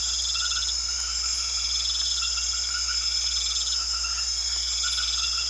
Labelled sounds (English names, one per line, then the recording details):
none
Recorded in secondary vegetation near Puerto Asís, Putumayo, Colombia, on 4 March 2025 at 21:00
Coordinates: 0.500, -76.326
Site GP04